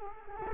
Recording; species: mosquito wingbeat signal from an infrared sensor; Culex quinquefasciatus